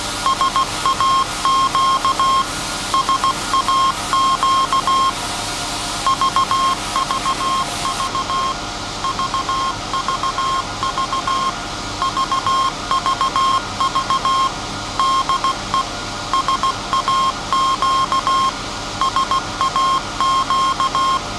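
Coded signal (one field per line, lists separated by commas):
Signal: Morse code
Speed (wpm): 16 wpm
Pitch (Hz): 1070 Hz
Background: none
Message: SAQ SAQ VVV VVV VVV DE SAQ SAQ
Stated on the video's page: SAQ Grimeton Alexanderson alternator transmission on Alexanderson Day, message sent after alternator startup and tuning.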